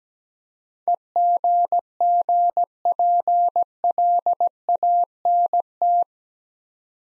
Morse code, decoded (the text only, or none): EGGPLANT